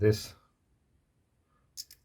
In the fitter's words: hear the click